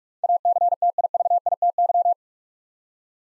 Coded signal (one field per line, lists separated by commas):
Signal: Morse code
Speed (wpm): 44 wpm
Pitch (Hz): 700 Hz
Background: none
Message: ACTIVITY